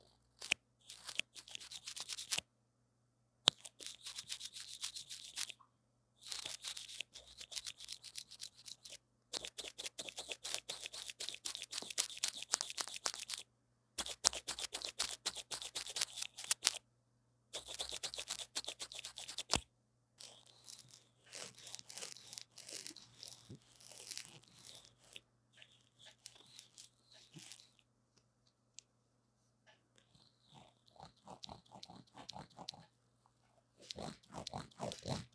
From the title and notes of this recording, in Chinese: 刷刷&敲敲線麥。Brain Tingling Brushing & Tapping。